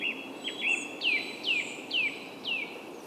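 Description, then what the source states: Bird song: a few short chirps, then four clear downslurred whistles spaced about half a second apart, over light background hiss. Soundscape.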